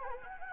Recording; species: mosquito wingbeat signal from an infrared sensor; Anopheles arabiensis